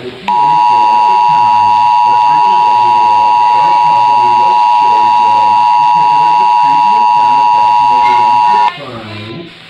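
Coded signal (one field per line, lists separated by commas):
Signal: Emergency Alert System (SAME) tones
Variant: 853 and 960 Hz attention tone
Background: speech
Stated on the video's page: Emergency alert for a tornado within the game Toca Life.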